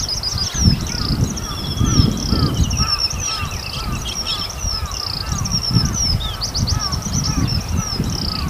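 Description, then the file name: Eurasian skylark song of rapid, high, looping notes, with a lower bird repeating short calls and steady wind noise beneath. "hibari"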